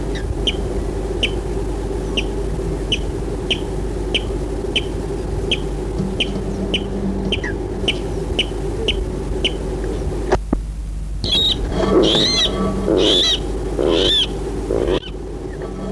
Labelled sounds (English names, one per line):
Water Rail